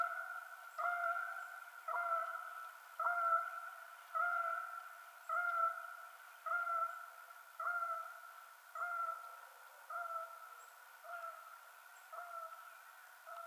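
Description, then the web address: Canada goose honking, a steady series of nasal honks repeated about once a second, fading slightly toward the end. Recorded 21 March 2007. "Canada Goose 2007 03 21"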